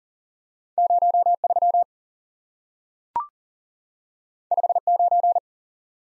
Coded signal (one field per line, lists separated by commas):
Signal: Morse code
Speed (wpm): 40 wpm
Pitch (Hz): 700 Hz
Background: none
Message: 0 3 5 9